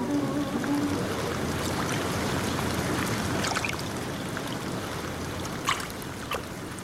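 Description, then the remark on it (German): Steady sloshing and churning of warm water from someone swimming, with a few sharper splashes breaking through near the end; no voices. “Dann schwimme ich eben.”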